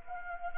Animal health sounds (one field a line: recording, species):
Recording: mosquito wingbeat signal from an infrared sensor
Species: Anopheles arabiensis